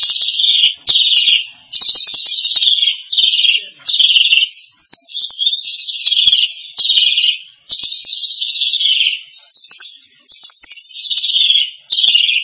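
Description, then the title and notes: Starling song, a run of harsh rasping screeches and wavering buzzy notes, repeated with short breaks throughout. "suara burung jalak"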